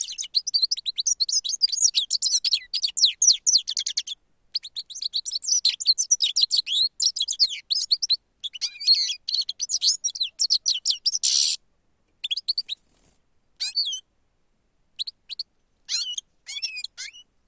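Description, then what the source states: European goldfinch twittering song: fast, dense runs of high tinkling and buzzy notes, nearly continuous for about eleven seconds, then shorter scattered phrases. Lure (manok) recording.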